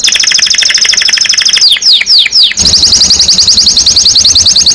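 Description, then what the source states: Domestic canary song: a rolling high trill, a few quick downward sweeps, then a fast, even, buzzy trill over a low background hum. Domestic canary in gacor form, singing constantly; described as a first-place contest champion.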